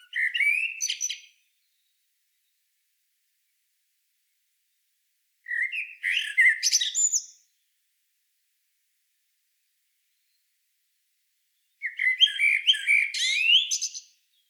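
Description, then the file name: Common blackbird singing three separate phrases about six seconds apart, each opening with rich flute-like notes and closing in thin, scratchy high twitters; silence between. "Turdus merula"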